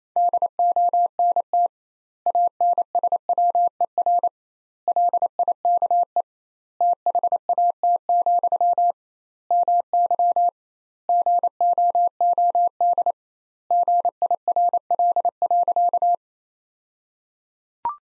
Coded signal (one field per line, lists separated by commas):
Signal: Morse code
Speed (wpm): 28 wpm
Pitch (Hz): 700 Hz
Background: none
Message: DONT ANSWER LIKE THAT, MY GOOD GIRL.